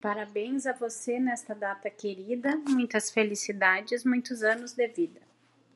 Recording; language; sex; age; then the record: short text; Brazilian Portuguese; female; 40 to 49 years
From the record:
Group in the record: control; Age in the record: 40 years